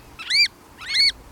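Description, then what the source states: American oystercatcher giving two piercing, arched whistled notes, rich in harmonics. Heard on beaches at select locations in spring; call described as a prelude to summer.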